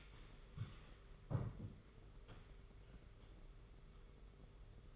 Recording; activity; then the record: daily activity, microphone in the room; stand up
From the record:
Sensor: 4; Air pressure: 991.2 hPa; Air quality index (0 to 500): 136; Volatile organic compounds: 52 ppm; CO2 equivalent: 3328 ppm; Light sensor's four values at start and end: 25/81/30/31 and 25/81/30/31